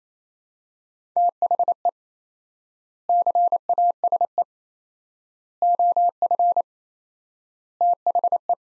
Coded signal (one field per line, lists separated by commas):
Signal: Morse code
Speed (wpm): 27 wpm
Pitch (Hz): 700 Hz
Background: none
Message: THE CASE OF THE